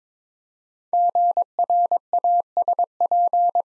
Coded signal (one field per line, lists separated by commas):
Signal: Morse code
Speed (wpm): 22 wpm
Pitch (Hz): 700 Hz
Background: none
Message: GRASP